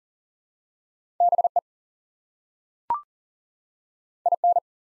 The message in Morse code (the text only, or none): BE IN